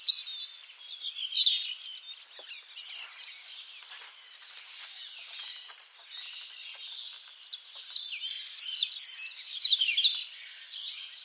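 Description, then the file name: European robin song, high thin warbling phrases with sharp twitters and drawn whistles, growing quieter midway before a louder burst of rapid notes. "Erithacus rubecula"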